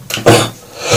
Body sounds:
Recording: coughing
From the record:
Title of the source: Cough Around the Clock!

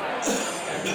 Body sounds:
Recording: coughing mixed with background sound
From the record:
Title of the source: Spring Cold Coughing.

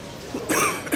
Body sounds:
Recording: coughing mixed with background sound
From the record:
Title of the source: 31 night wet cough

